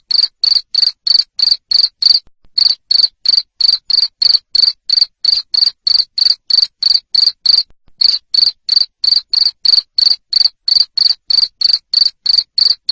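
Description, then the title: Cricket calling continuously with loud, shrill pulsed chirps around three per second, pausing briefly twice before carrying on. Loud cricket chirping (ngerik) to stimulate lovebirds into continuous singing (ngekek). "Suara JANGKRIK NGERIK Keras Bikin LOVEBIRD Jadi NGEKEK Terus Vubey"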